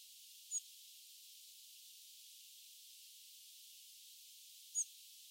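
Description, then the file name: European robin calls: two brief, very high, thin notes about four seconds apart over a faint steady hiss. "Erithacus rubecula"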